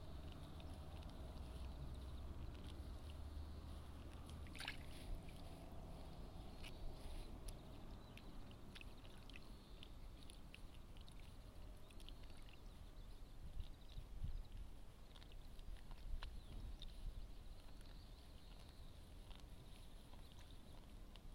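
Rice seedlings are being pulled from a flooded nursery bed and bundled with straw. A steady low rumble runs throughout, with frequent soft splashes, rustles and small clicks scattered irregularly across the recording, and a sharper crackle just before five seconds.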